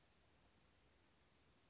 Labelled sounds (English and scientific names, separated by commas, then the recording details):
Chestnut-backed Chickadee (Poecile rufescens)
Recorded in Sonoma County, California